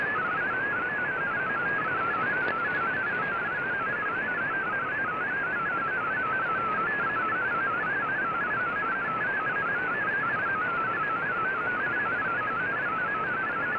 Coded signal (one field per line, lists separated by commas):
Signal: multi-tone FSK (Olivia or MFSK type)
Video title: Voice Of America VOA Radiogram Mar 19 2017 on 11580Khz Shortwave Radio in MFSK16,32 with SSTV